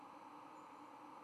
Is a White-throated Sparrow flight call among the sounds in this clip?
no